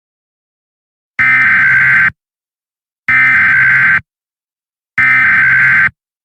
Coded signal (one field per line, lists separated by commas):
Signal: Emergency Alert System (SAME) tones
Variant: header bursts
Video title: GLOBAL LIBERATION - EAS SHORT